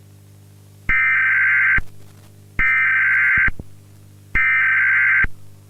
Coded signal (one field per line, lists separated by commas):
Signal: Emergency Alert System (SAME) tones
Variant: header bursts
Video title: Playtime Co. Factory Disaster - EAS Scenario #2